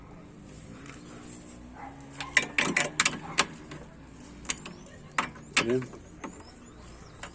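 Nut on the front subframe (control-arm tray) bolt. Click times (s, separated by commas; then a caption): 2.4 s, 2.6 s, 2.8 s, 3.0 s, 3.1 s, 3.4 s. A wrench turns the nut on the front subframe (control-arm tray) bolt, giving sharp metallic clicks and rattles at 2.4, 2.6, 2.8, 3.0, 3.1 and 3.4 seconds as the nut spins without holding. The thread is stripped, so the nut never tightens, and someone talks throughout.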